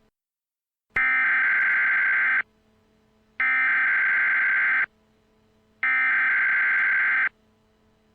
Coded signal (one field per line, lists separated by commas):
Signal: Emergency Alert System (SAME) tones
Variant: header bursts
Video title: EAS Scenario #15 - The Moon is Falling: Redone Edition